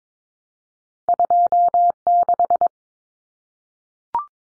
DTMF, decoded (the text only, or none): none